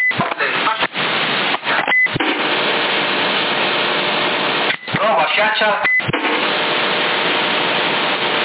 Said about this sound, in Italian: Le ventole. Sì, il vento dell'alimentatore si sente, maledette.